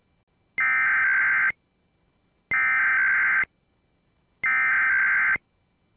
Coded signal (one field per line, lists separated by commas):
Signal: Emergency Alert System (SAME) tones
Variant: header bursts